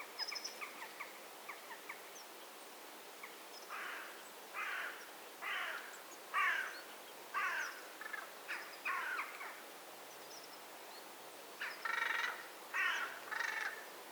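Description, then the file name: Eurasian magpie giving several bursts of harsh, grating chatter after a few faint notes, over steady background noise. "Pica pica"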